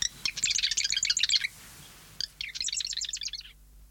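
Marsh wren song: two rapid, buzzy rattling trills of dense high notes, each opening with a few separate notes, with a short pause between them.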